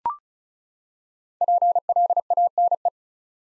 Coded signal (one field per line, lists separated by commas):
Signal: Morse code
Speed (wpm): 36 wpm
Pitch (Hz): 700 Hz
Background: none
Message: PLANE